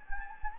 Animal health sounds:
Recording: mosquito wingbeat signal from an infrared sensor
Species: Anopheles gambiae

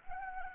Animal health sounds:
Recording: mosquito wingbeat signal from an infrared sensor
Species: Anopheles arabiensis

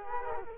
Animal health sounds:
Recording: mosquito wingbeat signal from an infrared sensor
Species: Culex quinquefasciatus

